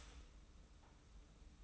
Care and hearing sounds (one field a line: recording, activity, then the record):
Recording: daily activity, microphone in the room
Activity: start toaster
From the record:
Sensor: 1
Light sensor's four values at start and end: 28/66/28/30 and 28/66/28/30